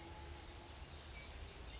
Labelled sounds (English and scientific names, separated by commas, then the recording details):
California Towhee (Melozone crissalis)
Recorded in Sonoma County, California